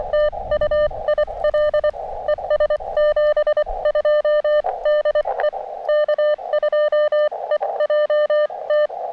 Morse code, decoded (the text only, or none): TU IL ES 72 DE K2EJT